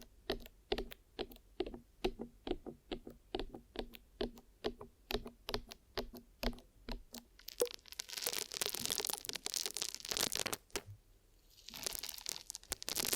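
Ear massage and cleaning with glue: quick, regular sticky taps for about seven seconds, then dense bright crackling rustles with a short pause.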